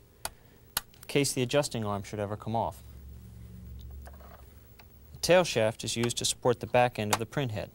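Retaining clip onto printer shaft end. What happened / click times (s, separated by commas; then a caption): Retaining clip snaps onto shaft / 0.2 s, 0.8 s. A small plastic retaining clip is pressed onto the end of the metal print-head shaft of an IBM Proprinter, there in case the adjusting arm should ever come off. Two sharp clicks at 0.3 s and 0.8 s mark it snapping into place, and it is seated. Someone then talks over a low background hum.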